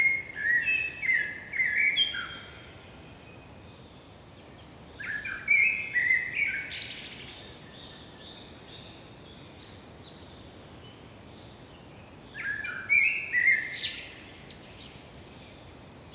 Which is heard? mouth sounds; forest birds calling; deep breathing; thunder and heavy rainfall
forest birds calling